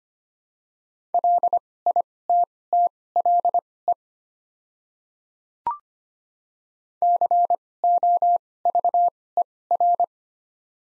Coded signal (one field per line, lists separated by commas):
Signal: Morse code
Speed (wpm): 25 wpm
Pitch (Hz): 700 Hz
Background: none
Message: LITTLE COVER